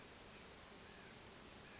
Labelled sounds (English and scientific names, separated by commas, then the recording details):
Oak Titmouse (Baeolophus inornatus)
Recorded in Sonoma County, California